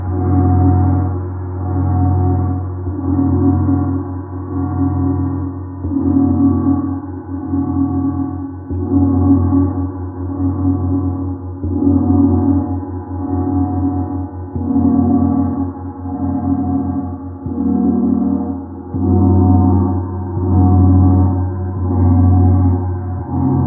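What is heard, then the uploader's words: A Jupiter gong hums in long, low, sustained tones that swell and ease in slow waves, roughly every two seconds. Deep bass rumbles beneath a steady band of ringing overtones, with nothing above the mid range and no breaks across the whole stretch. Peaceful sounds of Jupiter Gong.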